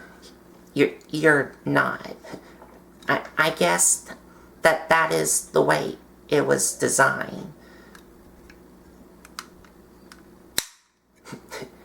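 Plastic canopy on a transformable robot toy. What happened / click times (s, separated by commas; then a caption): The plastic canopy snapped open / 9.4 s, 10.6 s. Someone talks while the hinged plastic canopy on a Transformers Energon Omega Supreme toy is opened. Snaps are heard at 9.4 s and a louder one at 10.6 s; the snap sounds as if the toy might break, but the canopy snaps open as designed.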